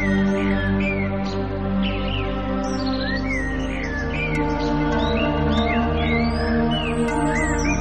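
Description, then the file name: Birds chirping, a series of short slurred whistled notes over a continuous layer of sustained musical tones. "naturelax birds"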